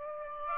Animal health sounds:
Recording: mosquito wingbeat signal from an infrared sensor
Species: Aedes aegypti

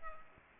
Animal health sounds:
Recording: mosquito wingbeat signal from an infrared sensor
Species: Culex pipiens

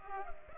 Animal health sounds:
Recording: mosquito wingbeat signal from an infrared sensor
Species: Culex pipiens

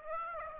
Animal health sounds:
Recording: mosquito wingbeat signal from an infrared sensor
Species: Aedes aegypti

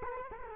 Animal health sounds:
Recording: mosquito wingbeat signal from an infrared sensor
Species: Culex quinquefasciatus

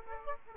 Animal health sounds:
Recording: mosquito wingbeat signal from an infrared sensor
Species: Aedes aegypti

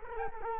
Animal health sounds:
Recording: mosquito wingbeat signal from an infrared sensor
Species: Culex quinquefasciatus

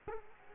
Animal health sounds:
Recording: mosquito wingbeat signal from an infrared sensor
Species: Culex quinquefasciatus

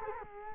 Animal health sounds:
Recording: mosquito wingbeat signal from an infrared sensor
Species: Culex quinquefasciatus

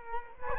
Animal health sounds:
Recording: mosquito wingbeat signal from an infrared sensor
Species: Culex quinquefasciatus

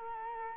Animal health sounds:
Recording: mosquito wingbeat signal from an infrared sensor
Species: Culex quinquefasciatus

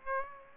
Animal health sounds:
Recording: mosquito wingbeat signal from an infrared sensor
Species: Aedes aegypti

